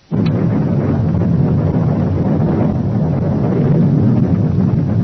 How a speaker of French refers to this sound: L'explosion vient de faire jaillir des couches profondes du sol, plus de 10 millions de mètres cubes de terre.